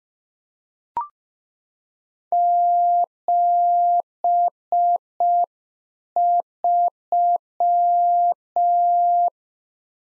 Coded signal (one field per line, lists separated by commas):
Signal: Morse code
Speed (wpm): 5 wpm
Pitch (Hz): 700 Hz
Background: none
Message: 73